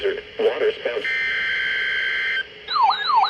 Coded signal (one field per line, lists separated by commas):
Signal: Emergency Alert System (SAME) tones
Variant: header bursts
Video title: WHEN RUSKIN TAKES FOREVER TO TOR - EAS Alerts from Mid June 2025 (EAS #582 - 597)